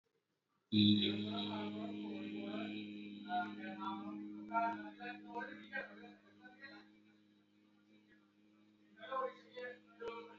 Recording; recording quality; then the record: sustained vowel as in beet; excellent, no background noise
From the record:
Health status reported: healthy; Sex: male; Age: 26 years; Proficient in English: yes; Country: India